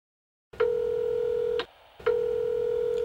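Telephone tones sound twice before a call to telephone directory assistance, each a steady, mid-pitched electronic beep lasting about a second, with a brief pause between them and no voices.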